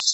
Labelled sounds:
Common Yellowthroat (Geothlypis trichas) flight call

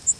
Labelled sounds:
Yellow Warbler (Setophaga petechia) flight call

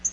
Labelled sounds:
Nashville Warbler (Leiothlypis ruficapilla) flight call

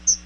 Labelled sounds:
Chestnut-sided Warbler (Setophaga pensylvanica) flight call

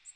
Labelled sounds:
Magnolia Warbler (Setophaga magnolia) flight call

